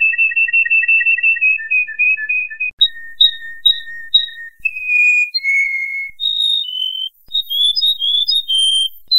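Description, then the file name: Canary song made of clear whistled notes and buzzy trills, each phrase repeated steadily before shifting to a new pitch, with higher chirps later. "kenari"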